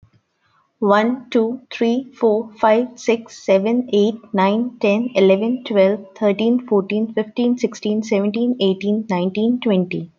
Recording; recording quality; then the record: counting at a fast pace; excellent, no background noise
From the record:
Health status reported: healthy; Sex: female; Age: 30 years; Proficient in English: yes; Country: India